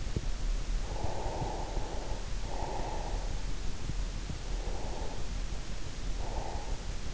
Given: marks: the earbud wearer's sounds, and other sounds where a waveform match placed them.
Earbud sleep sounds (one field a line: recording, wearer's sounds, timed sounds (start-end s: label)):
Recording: sounds in sleep by an in-ear microphone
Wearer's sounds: breath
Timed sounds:
0.52-3.77 s: breath
4.68-7.14 s: breath